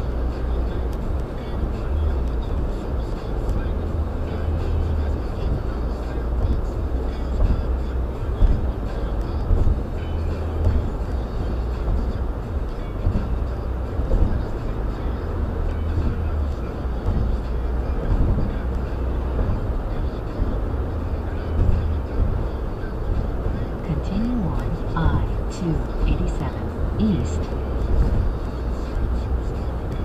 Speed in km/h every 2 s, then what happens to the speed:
113, 113, 113, 109, 109, 108, 108, 108, 109, 108, 111, 111, 111, 113, 113.
0-30 steady at about 111.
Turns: none.